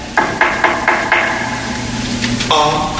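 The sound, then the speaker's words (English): Hammering nails into a roof: a quick run of five evenly spaced, sharp blows, a short pause, then two more strikes, with a steady low hum and faint tonal sounds underneath. “Bought some crooked nails and a crooked little bat. Tried to fix his roof with a rat-a-tat-tat-tat.”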